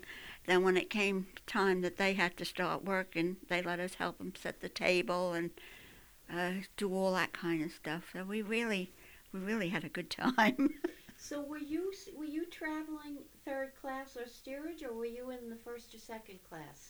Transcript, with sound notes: And when it came time that they had to start working, they'd let us help them set the table and do all that kind of stuff. And we really had a good time. ( she laughs )
So were you, were you traveling third class or steerage, or were you in the first or second class?